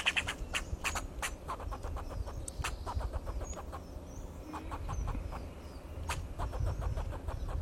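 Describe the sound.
Fox squirrel giving a busy run of sharp barking chucks throughout, some louder than others, with birds chirping high above and rumbling background noise.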